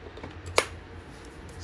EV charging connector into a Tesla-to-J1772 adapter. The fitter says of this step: snaps right in